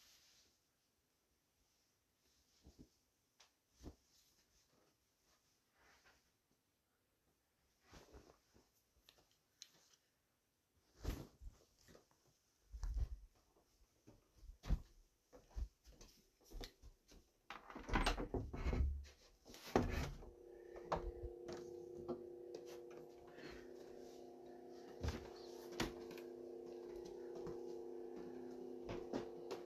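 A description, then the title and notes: Scattered knocks and footsteps on a wooden floor, a busy clatter mid-way, then a steady humming drone until the end. Walk on wooden floors.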